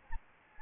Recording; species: mosquito wingbeat signal from an infrared sensor; Aedes albopictus